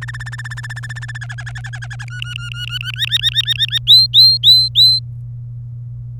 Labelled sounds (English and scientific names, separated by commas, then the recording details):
Domestic Canary (Serinus canaria) song
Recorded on 27 April 2018 at 14:17
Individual llb3